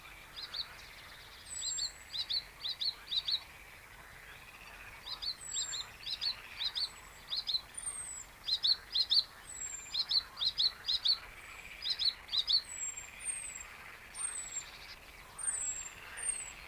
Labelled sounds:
Icterine Warbler (Hippolais icterina) song

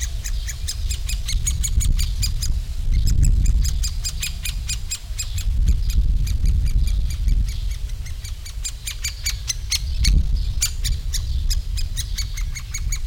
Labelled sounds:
Great Spotted Woodpecker (Dendrocopos major) begging call

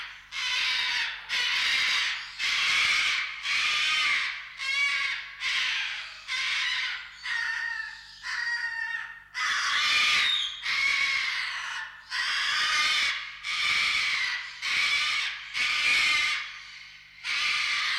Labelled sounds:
Eclectus Parrot (Eclectus roratus) call

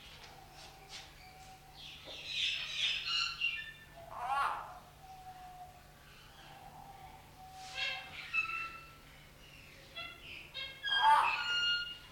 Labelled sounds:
Golden Myna (Mino anais) call

